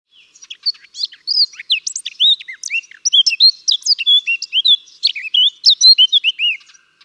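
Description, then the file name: Eurasian blackcap song: a steady, lively stream of loud, varied, whistled and fluty notes delivered quickly with brief pauses. "Sylvia atricapilla"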